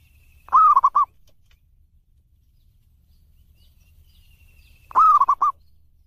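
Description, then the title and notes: Zebra dove song, two rolling coo phrases about four seconds apart, each a warbled note followed by two or three rapid clipped beats over faint background hum. Zebra dove song used for mastering, training other birds to learn the song. "Kupulan Burung Perkutut. burung perkutut yang bisa digunakan untuk memaster"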